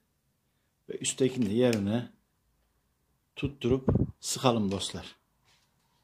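A lubricated door lock mechanism is being fitted back into a car door, with its upper part held in place before the bolts are tightened so it sits in its channel. Someone talks throughout, with only faint background sound between phrases. Nothing has seated or clicked yet.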